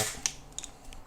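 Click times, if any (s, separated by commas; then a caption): none. A drill bit is clamped by hand-turning the keyless chuck of a Makita cordless drill, giving a few sharp ratchet clicks near 0.3, 0.6 and 0.6 seconds. The chuck is handled but the bit has not locked home yet; nothing has seated by the end of the clip.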